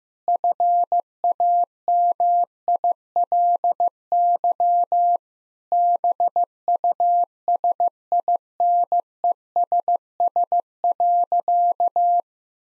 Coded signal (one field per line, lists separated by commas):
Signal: Morse code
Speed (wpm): 15 wpm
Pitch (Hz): 700 Hz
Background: none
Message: FAMILY BUSINESS.